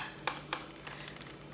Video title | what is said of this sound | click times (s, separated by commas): Spring Replacement on Samsung Refrigerator Double Door Divider - Guaranteed Fix | where the little clicks you're hearing is just a clicks on doing so don't be afraid just | 0.3 s, 0.5 s